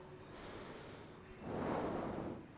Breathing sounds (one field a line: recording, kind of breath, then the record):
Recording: one breath in and out by a microphone near the nose and mouth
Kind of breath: normal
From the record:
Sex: male